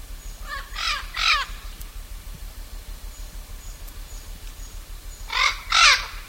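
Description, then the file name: Blue-fronted amazon giving coarse, grating squawks, a few early and a pair near the end, separated by a quiet stretch. "blue fronted parrot"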